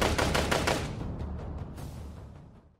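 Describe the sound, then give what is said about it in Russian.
A rapid burst of machine gun fire in a burning city, loud and evenly spaced for under a second, then sparser, fainter shots trailing off as the clatter fades away. No voices. “Стрельба, взрывы, паника, крики, стоны превратили его в неуправляемый хаос.”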